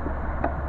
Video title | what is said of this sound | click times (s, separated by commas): QED MP-50 Setup | but if you do need to change it you can always pull this little button up if you pull it up and hear it pop and then you can turn | 0.4 s